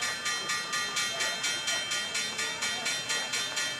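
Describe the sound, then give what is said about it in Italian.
The Wall Street stock exchange bell rings continuously, a bright metallic clanging pulsing about four times per second at steady volume for several seconds, with no voices, greeting Bernanke's Federal Reserve decision. “Beh, la reazione di Wall Street, lo avete sentito, il campanellio è stato un applauso a scena aperta per questa decisione di Bernanke.”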